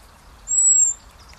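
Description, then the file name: Common blackbird uttering one thin, very high, steady whistled note lasting about half a second against faint background noise. "Turdus merula"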